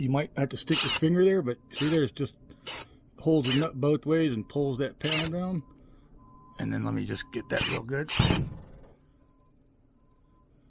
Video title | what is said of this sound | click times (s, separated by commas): DIY Grounding Solar Panels on Growatt SPF 5000 ES 5k solar Grounding Wire, Ground Rod Ground clamps | didn't want to go anymore i couldn't get a good hold on it but you would have heard it go click click | none